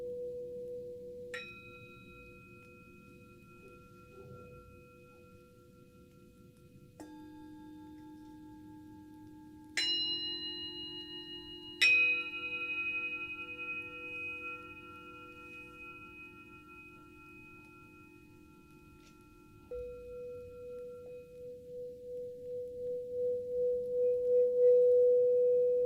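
A Tibetan singing bowl rings with long, pure sustained tones, struck several times, at about 1, 7, 10 and 12 seconds, each strike adding bright overtones that slowly fade. Near 20 seconds the pitch shifts to a steady hum that swells and pulses, growing louder toward the end.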